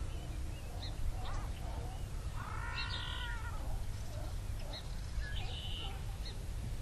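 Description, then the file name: Common murre call, a drawn-out harmonic growl near the middle, with fainter calls scattered around it over a steady low rumble. "Sillgrissla"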